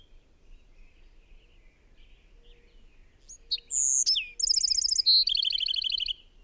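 Bird song: a few sharp high notes, a steady whistled tone, then a fast buzzy trill, arriving after several seconds of quiet with faint background chirps.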